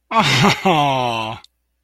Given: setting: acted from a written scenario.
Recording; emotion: vocal sound without words; adoration